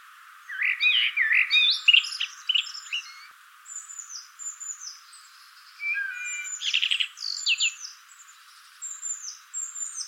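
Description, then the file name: Common blackbird warbling phrases with squeaky high endings, while short, thin, high-pitched notes repeat in the background. "Turdus merula"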